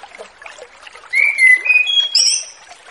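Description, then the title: Orange-headed thrush giving a brief phrase of clear whistles stepping upward in pitch, ending in a higher flourish. Relaxed, clear-flowing song style called ngeplong santai, used as a lure for free-flying spotted juvenile orange-headed thrushes. "Anis Kembang Ngeplong Santai , Untuk Pancingan Anis Kembang Lepas Trotol"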